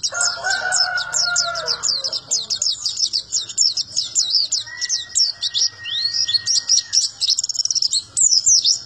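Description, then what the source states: White-eye song: rapid high twittering notes in a continuous run, joined early by lower warbling phrases and a long steady whistled tone midway. Melodious, long song.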